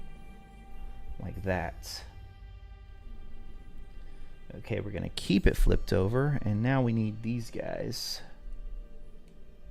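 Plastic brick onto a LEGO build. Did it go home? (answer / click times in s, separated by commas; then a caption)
no / none. Someone talks while handling small plastic LEGO pieces, getting ready to press them onto the underside of a flipped-over LEGO build, with steady background music underneath. Nothing has seated or clicked yet.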